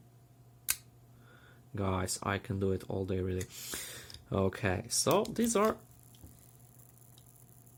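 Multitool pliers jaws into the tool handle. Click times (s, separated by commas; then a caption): 0.7 s. The heavy-duty pliers jaws of a steel Swisstool X multitool are flicked so they snap into place in the tool handle, giving a sharp, distinct snap at 0.7 s. Someone then talks over a low background hum, and a few faint ticks follow near the end. The pliers seat with a crisp snap that could be repeated all day.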